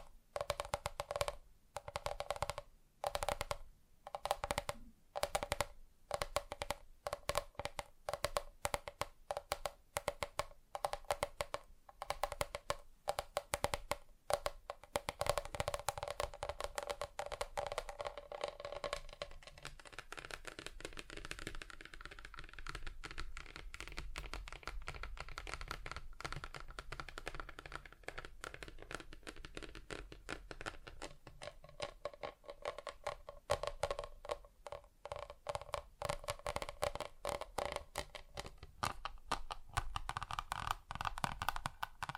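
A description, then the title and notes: Tapping on different surfaces, starting as distinct, evenly spaced knocks with a hollow midrange ring for the first fifteen seconds. After that the taps turn fast and dense, nearly continuous, with a brighter, scratchier texture that shifts in tone toward the end. ASMR Just Tapping (Different Surfaces No Talking).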